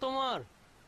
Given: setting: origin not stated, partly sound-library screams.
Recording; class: one-second piece from a danger detection set; normal situation